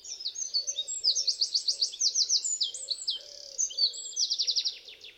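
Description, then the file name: Eurasian wren song, a loud high-pitched rush of rapid trills and sharp notes delivered without pause, with a faint low hum beneath. "Troglodytes troglodytes"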